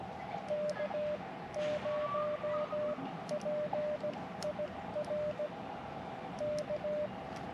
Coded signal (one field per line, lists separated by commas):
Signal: Morse code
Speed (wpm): 17 wpm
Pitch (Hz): 600 Hz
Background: none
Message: K0PIR K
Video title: Best Portable Ham Radios for Camping and POTA